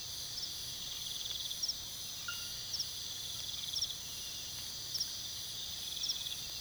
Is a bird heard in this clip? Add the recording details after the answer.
no. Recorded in pastures near Puerto Asís, Putumayo, Colombia, on 19 February 2024 at 03:30. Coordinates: 0.486, -76.323. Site G6462